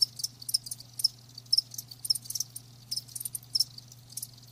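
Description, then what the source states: Cricket chirps, sparse high pulsed bursts at an uneven pace, about two per second, with a low hum in the background. Live crickets chirping with a lulling song.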